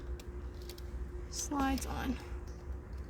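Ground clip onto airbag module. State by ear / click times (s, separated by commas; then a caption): not seated / none. A metal grounding clip is being handled and slid onto the airbag module of a 2013 Toyota Prius C during a clock spring replacement. Faint light ticks come early while someone talks briefly. Nothing has seated or clicked yet.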